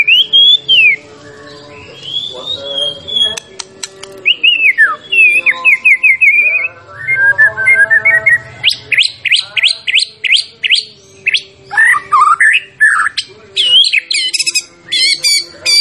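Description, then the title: White-rumped shama song: long varied sequence of slurred whistles, chatters and a fast series of sharp rising notes, loud and energetic. Champion bird; masteran training sound. "Masteran Murai Batu Juara"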